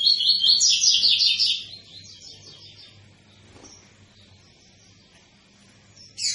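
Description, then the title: Double-collared seedeater song: a fast, bright burst of high warbled notes in the first second and a half, then fading to faint trailing notes with a low hum beneath. Tui-tui song style of a spirited ('fibra') bird, used as a teacher song for training young birds. "COLEIRO TUI TUI FIBRA CANTO PROFESSOR"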